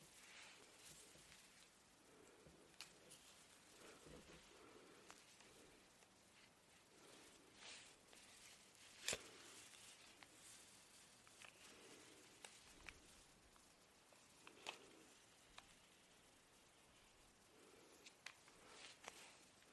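A hair straightener glides through hair in soft, repeated swishing strokes, one roughly every two to three seconds over a steady airy hiss. Small ticks and clicks are scattered throughout, with one sharper click just after the nine-second mark.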